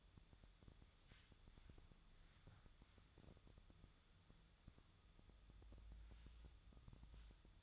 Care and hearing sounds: daily activity, microphone in the room; wipe stove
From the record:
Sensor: 3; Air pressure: 1004.8 hPa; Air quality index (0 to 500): 75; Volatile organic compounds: 2 ppm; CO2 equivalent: 1124 ppm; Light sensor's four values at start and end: 8/19/8/7 and 8/19/8/7

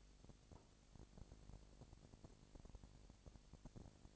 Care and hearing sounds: daily activity, microphone in the room; no activity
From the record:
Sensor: 5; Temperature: 20.1 degrees Celsius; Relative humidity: 38.2%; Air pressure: 998.9 hPa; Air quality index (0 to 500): 218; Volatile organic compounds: 24 ppm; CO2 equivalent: 2811 ppm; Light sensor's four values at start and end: 2/3/1/1 and 2/3/1/1

